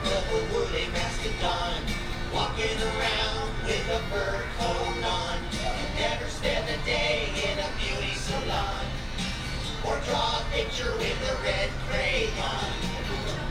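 A walk through Animal Kingdom, with a dense, steady wash of overlapping voices from a crowd. Chatter rises and falls without pause for the whole stretch, over a constant low rumble, with no single sound standing out.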